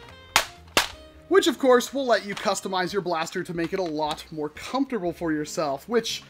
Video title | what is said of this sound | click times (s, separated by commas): IT SHOOTS NERF MEGA DARTS!?! TOP 10 ADVENTURE FORCE NEXUS PRO TIPS! (Or 11, I stopped counting) | it can fit right on there and still lock into place | 0.4 s, 0.8 s